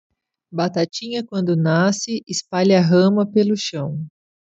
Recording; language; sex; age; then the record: short text; Brazilian Portuguese; female; 30 to 39 years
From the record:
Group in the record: control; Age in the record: 37 years